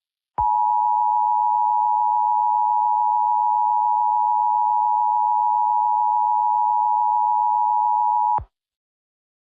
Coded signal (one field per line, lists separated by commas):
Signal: Emergency Alert System (SAME) tones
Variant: 853 and 960 Hz attention tone